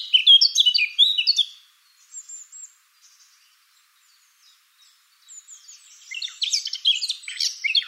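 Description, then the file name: Eurasian blackcap song: a quick scratchy warble opens, then near-silence with faint soft notes, before another lively burst of twittering. "Sylvia atricapilla"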